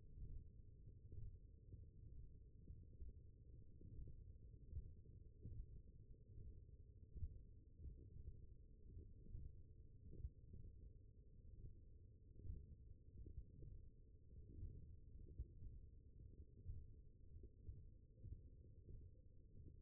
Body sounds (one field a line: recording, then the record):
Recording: forearm muscle sounds (acoustic myography)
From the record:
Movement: thumb flexion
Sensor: system 1, eight BSWA MPA416 microphones around the upper forearm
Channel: 5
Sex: male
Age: 42 years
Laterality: right